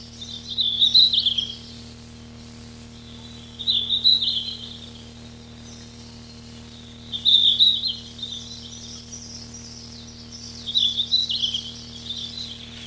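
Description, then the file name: Red-flanked bluetail giving four short, high warbled phrases, a few seconds apart, over a steady low hum. Recorded 29 June 1991. "Tcyanurus 29 06 91"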